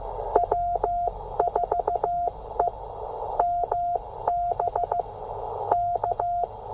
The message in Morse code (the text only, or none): W4EMB K